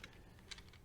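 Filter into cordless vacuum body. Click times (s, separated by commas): 0.5 s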